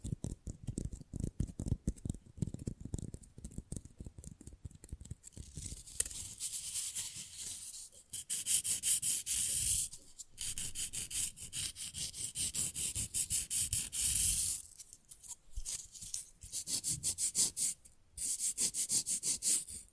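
Rapid, rough nail filing scrapes in dense bright bursts, pausing briefly near 8 and 15 seconds, over dull low tapping throughout.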